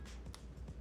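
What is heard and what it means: A long hair pin is pushed through the lace base of a wig to anchor it to the wearer's own hair. A sharp pop at 0.3 s marks the pin getting through the base, followed by a fainter knock near 0.7 s over steady low rumble. The pin is through and seated.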